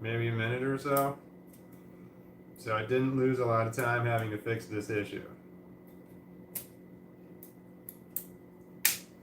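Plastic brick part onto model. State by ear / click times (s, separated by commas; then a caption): seated / 8.8 s. Someone talks, then after fixing a mistake presses a plastic Lego brick part into place on a model, with light handling clicks at about 6.6, 7.4, 7.9 and 8.2 seconds. The loudest, satisfying click comes at 8.9 seconds as the piece seats home.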